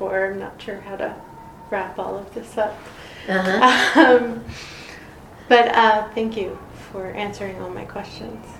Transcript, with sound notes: I’m not sure how to wrap all of this up. [laughs] But thank you for answering all of my questions.